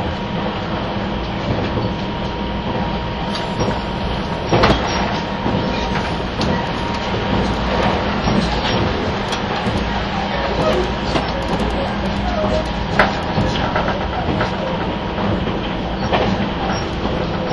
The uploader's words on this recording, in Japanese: 甲高いモーター音が特徴の外扇型の主電動機を持つ、651系仙台発上野行き＂スーパーひたち66号＂の走行音を収録したものです。